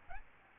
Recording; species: mosquito wingbeat signal from an infrared sensor; Aedes albopictus